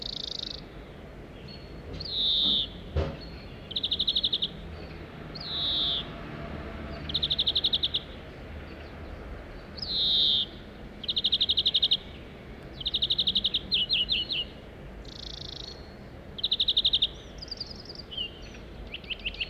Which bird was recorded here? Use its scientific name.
Chloris chloris